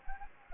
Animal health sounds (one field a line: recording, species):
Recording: mosquito wingbeat signal from an infrared sensor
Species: Anopheles gambiae